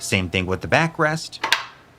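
Someone talks while handling the backrest of a SIHOO Doro-C300 ergonomic office chair, which is pulled up in its height-adjust ratchet, the same pull-till-it-locks mechanism as the armrest. Nothing has seated or clicked into a lock position yet by the end of the clip.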